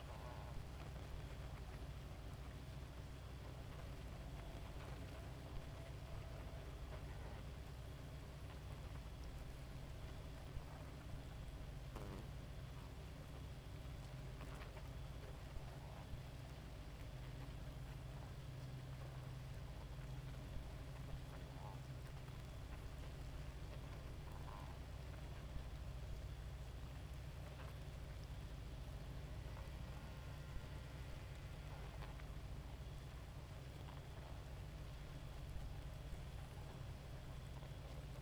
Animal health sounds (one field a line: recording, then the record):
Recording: honeybee colony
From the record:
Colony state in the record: active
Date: 28 July 2017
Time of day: 2:21